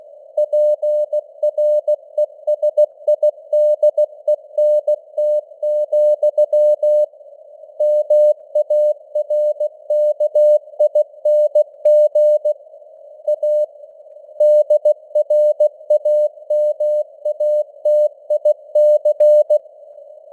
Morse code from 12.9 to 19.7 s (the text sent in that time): A DRAMATIC